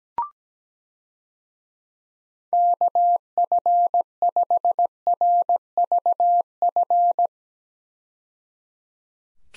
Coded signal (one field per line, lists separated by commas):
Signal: Morse code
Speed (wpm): 17 wpm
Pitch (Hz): 700 Hz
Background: none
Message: KF5RVF